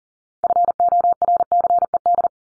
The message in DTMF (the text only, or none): none